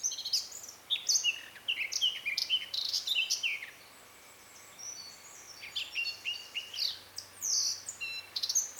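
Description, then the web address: Eurasian blackcap song of varied chattering and whistled notes, pausing briefly midway, then resuming. "SETE Sylvia atricapilla"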